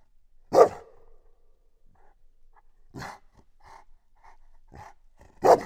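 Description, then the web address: Dog lets out a loud bark, then softer grunts and short whines, and a final loud bark. Chained dog at the end of its chain, outdoors at the Oktáva tourist house near Eger, Hungary, dated 01-28. "allathangok termeszetben kutya lancvegencsahol octava egerturistahaz 01 28"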